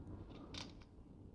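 A builder pushes the plastic turntable piece for the LEGO Star Wars Rogue One AT-ST Walker set #75153 onto its 4x4 turntable base tile again after a failed try. Over a low background rumble, brief plastic scraping and creaking comes in short bursts, with a sharp rasp at 0.6 s and another near 0.8 s. Nothing has seated or clicked yet.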